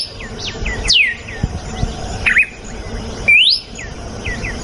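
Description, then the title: Red-cowled cardinal giving two loud whistles, one falling and one rising, with a short looped note between and scattered soft chirps around. Female; natural song. "Canto Galo Campina Fêmea. GALO DE CAMPINA CANTO NATURAL. galo de campina cantando. canto de galo de campina"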